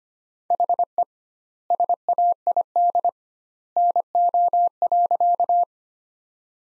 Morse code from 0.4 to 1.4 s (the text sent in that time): HE